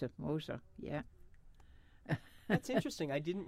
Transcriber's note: she laughs